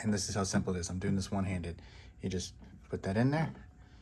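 Someone talks while putting an allergy filter into the housing of a Bionaire AER1 air purifier one-handed. The filter is being pushed into place, and nothing has seated or clicked yet.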